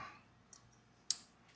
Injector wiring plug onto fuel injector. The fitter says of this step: Hear them snap.